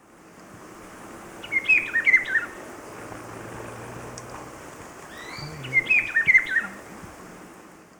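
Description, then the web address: Rufous-browed peppershrike song: two warbled whistled phrases about four seconds apart, over a steady low hiss of background noise. Ecuador. "S America Birds of Ecuador. Rufous-Browed Peppershrike"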